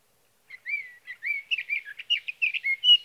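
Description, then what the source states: Sage thrasher song after a moment of quiet: slurred rising notes build into a quickening, continuous warble of jumbled phrases. Male singing near his night roost through the night, from the evening of June 12 to the morning of June 15, 2018, Sierra Valley, California; Swift recorder.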